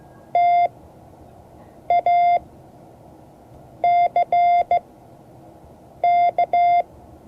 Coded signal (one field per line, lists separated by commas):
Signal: Morse code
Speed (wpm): 16 wpm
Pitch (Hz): 700 Hz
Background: none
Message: TACK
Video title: Morse code class 2024-07-23 (2 of 12)